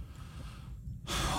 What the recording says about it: This is the sound of snoring that we have in our house. All the time. Didn't sleep again last night because this is what was going on.